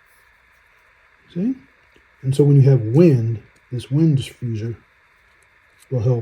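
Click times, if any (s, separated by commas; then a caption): none. A foam/fur wind diffuser is being handled to go onto the small wireless microphone transmitter of a DJI Osmo Pocket 3 Creator Combo while someone talks, with a steady high-pitched hiss underneath. Nothing has seated or clicked yet.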